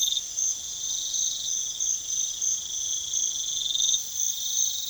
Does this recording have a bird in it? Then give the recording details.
no. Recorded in pastures near Puerto Asís, Putumayo, Colombia, on 4 March 2025 at 05:30. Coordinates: 0.487, -76.322. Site G077